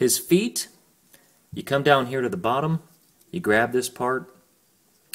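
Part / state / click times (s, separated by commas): leg section of a plastic transforming robot figure, snapping into its hip/leg joint / seated / 5.1 s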